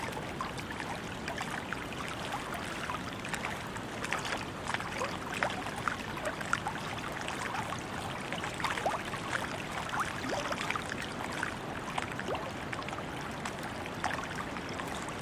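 Water sounds in Greece: a steady, dense wash of splashing and trickling water, with frequent bright little bursts throughout.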